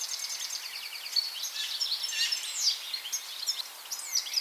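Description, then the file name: European goldfinch twittering calls, many quick high chirps and short trills throughout. "Carduelis carduelis"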